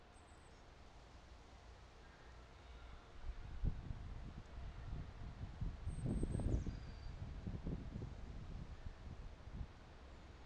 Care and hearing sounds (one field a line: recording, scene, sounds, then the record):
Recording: everyday scene through a hearing-aid microphone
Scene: wind on the microphone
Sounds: squally wind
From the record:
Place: parking lot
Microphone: in the ear canal, right